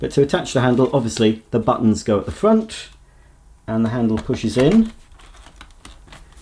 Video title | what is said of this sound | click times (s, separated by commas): Bosch Flexxo Serie 4 Cordless Vacuum Cleaner Review & Demonstration | but it doesn't click into position. | none